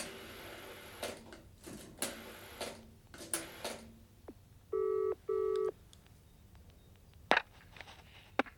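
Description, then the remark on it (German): A telephone is handled and dialed with a run of sharp clicks, then a steady electronic ring sounds in two short bursts, followed by a couple more clicks. No one speaks. “Ja, ich muss sowieso telefonieren.”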